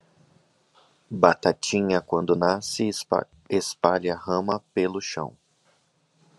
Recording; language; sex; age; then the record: short text; Brazilian Portuguese; male; 40 to 49 years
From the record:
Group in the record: control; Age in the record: 40 years